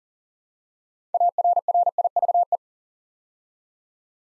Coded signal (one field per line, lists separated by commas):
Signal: Morse code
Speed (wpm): 39 wpm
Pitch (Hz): 700 Hz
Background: none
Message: ARRIVE